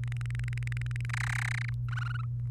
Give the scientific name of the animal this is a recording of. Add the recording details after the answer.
Serinus canaria. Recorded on 28 April 2018 at 12:59. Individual llb3